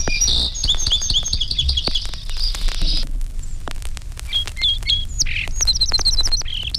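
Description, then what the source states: Song Sparrow song: a quick series of high, sharp notes, a pause, then short bursts of rapid varied notes, over scattered clicks and faint low rumble. Four song sparrows singing varied songs that begin with two or three similar notes or phrases, followed by rapid notes of different pitches and qualities.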